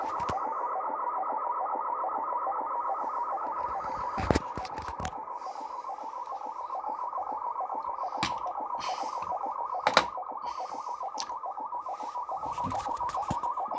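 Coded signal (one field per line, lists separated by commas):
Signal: SSTV (slow-scan television)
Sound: steady warbling tone with fast regular chirping rhythm, like a mistuned image transmission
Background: radio static crashes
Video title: 2020-03-15 SSTV (Slow Scan TV) on 20 meter band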